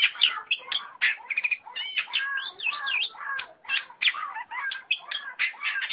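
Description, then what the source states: Long-tailed shrike singing a dense, unbroken stream of varied twittering and warbled notes, quick slurred phrases tumbling one after another without pause. Combination song (kombinasi) style.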